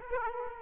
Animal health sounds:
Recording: mosquito wingbeat signal from an infrared sensor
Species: Aedes aegypti

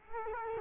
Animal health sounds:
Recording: mosquito wingbeat signal from an infrared sensor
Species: Culex quinquefasciatus

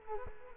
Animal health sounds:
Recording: mosquito wingbeat signal from an infrared sensor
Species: Culex quinquefasciatus

